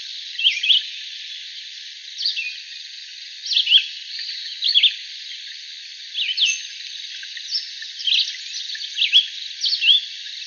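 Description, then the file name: Red-eyed vireo singing brief slurred whistled phrases, some rising and some dropping, separated by pauses of roughly a second, steady and unhurried. Arizona, 22 July 2001. "REVI deviche"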